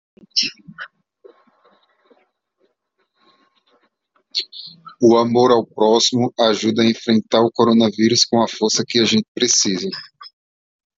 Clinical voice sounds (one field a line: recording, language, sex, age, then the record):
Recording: spoken sentence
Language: Brazilian Portuguese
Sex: male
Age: 40 to 49 years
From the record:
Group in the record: control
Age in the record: 40 years